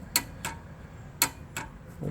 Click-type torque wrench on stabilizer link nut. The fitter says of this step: just make sure it clicks a couple times so we have that